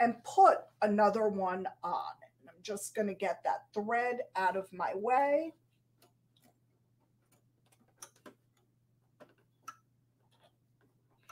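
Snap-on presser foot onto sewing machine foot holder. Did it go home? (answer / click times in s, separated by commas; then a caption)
yes / 9.7 s. Someone talks while swapping a snap-on presser foot on a sewing machine, fitting the new metal foot onto the shank of the foot holder. After the talking stops, a few faint ticks and handling sounds follow, then a sharp click at 9.7 s as the foot snaps into place and is seated.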